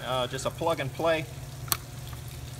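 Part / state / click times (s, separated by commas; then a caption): fuel line quick connector into outboard motor fuel inlet / seated / 1.7 s. Someone talks as a fuel hose quick-connect clip is pushed onto the fuel inlet fitting of a Mercury 20 hp outboard motor. A sharp snap is heard at 1.7 s, showing the connector has seated on the motor's fuel fitting.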